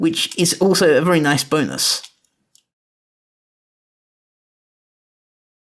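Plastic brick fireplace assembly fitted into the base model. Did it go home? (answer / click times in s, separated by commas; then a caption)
yes / 2.6 s. A built plastic brick section of a Lego fireplace is pushed into place on the base model so it can be turned to spin the flames. Someone talks for about the first two seconds, then a faint tick at 2.2 s is followed by a short, sharp click at 2.6 s as the section clicks into place. The rest is near silence.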